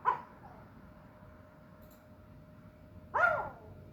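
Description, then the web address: Dog barking, two short harmonic barks about three seconds apart over a faint steady hum. "haagwonen Geluidopnames Hond"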